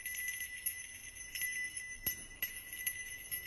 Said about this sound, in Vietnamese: Thầy lấy ra một cái chuông, miệng lẩm bẩm thần chú rồi lắc lên. Tiếng chuông kêu leng ca leng keng vui tai lắm.